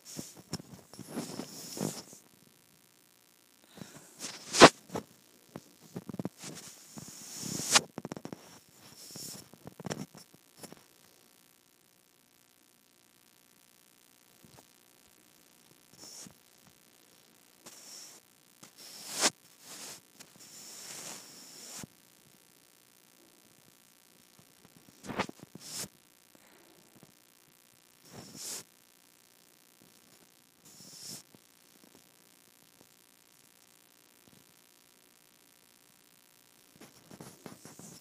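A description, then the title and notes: A microphone rubbed against skin makes rough, scratchy bursts of friction noise, with hiss reaching up into the highs. The rubbing is dense and busy for the first ten seconds, then comes in shorter, scattered strokes separated by near-silent gaps. ASMR Rubbing Microphone on my Skin.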